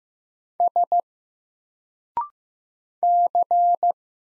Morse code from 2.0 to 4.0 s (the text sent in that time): C